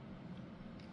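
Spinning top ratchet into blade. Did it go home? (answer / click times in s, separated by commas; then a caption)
no / none. A plastic Hasbro Dranzer Spiral 3-80T spinning top is being slowly reassembled to demonstrate the lock, with its ratchet pushed and twisted into the blade. Only a steady low hum and broadband background noise are heard, with no sharp transients. Nothing has seated or clicked yet.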